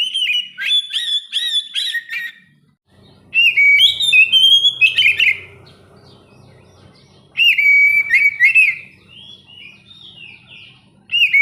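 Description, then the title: Oriental magpie-robin song in loud bursts of rapid whistled and squawky notes, separated by pauses, with faint low hum beneath. "kacer"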